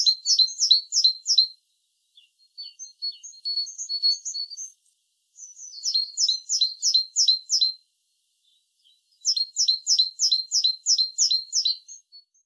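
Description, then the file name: Great tit calling in fast series of sharp, high, paired notes, several bursts separated by quieter twittering and short silences. "Parus major"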